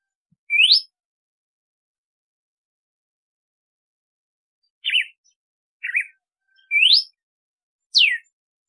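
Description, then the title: Red-cowled cardinal song: clear whistled notes, some rising and some falling, one early then a group of four after a pause of about four seconds. Female red-cowled cardinal singing to stimulate the male. "Canto Galo Campina Fêmea. Fêmea de Galo de Campina Cantando para Foguear o Macho"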